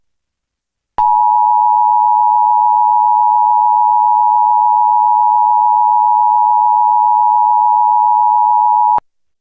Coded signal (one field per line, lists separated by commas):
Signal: Emergency Alert System (SAME) tones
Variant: 853 and 960 Hz attention tone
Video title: EAS Possible Reenactment Mock: TX RMT but it is on different screens